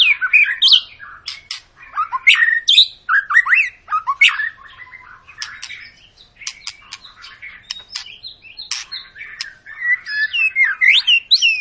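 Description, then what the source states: White-rumped shama pouring out a rapid, jumbled song of chirps, whistles and sharp notes, loud at the start and end with a softer middle. Long lure song (pancingan) of a gacor, actively singing white-rumped shama, played to make other birds sing.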